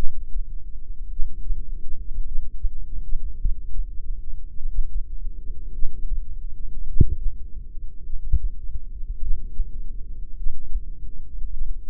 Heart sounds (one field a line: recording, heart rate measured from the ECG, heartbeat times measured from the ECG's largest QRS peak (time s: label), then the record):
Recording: heart sounds by microphone in the left ear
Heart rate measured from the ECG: 52 bpm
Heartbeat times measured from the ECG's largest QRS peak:
1.12 s: heartbeat
2.27 s: heartbeat
3.41 s: heartbeat
4.57 s: heartbeat
5.74 s: heartbeat
6.88 s: heartbeat
8.05 s: heartbeat
9.22 s: heartbeat
10.37 s: heartbeat
11.52 s: heartbeat
From the record:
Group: heart failure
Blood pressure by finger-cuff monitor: 104/49 mmHg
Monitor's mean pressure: 62 mmHg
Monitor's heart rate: 52 bpm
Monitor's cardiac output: 4.8 L/min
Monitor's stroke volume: 92 mL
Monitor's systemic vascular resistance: 920 dyn s/cm5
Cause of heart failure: cardiac sarcoid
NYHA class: 1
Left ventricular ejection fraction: 39%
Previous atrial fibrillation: present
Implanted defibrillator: present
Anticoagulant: apixaban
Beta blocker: carvedilol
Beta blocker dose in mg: 50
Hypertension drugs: ramipril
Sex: male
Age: 79 years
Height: 184 cm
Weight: 92.5 kg